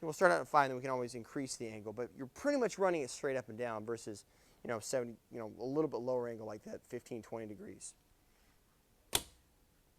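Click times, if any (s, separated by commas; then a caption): 9.1 s. Someone talks for most of the clip while a squeegee blade holder is set into the print head of a screen printing press. After a quiet pause, a single sharp clamp hit at 9.2 s locks the squeegee into place in the print head.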